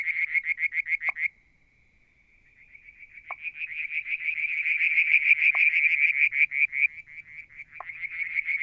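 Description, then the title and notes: Frog: a short burst of fast pulsed trilling, a brief lull, then a long trill swelling louder, punctuated by sharp lower pops. Striped marsh frog, Verreaux's tree frog and an unidentified frog calling one July 2022 evening near a water tank at Mount Wilson, New South Wales, Australia. "Frog song, Mount Wilson, New South Wales, Australia in July 2022 – by Alexander Moffatt. Limnodynastes Peronii, Litoria Verreauxii and a mystery frog one evening near the water tank"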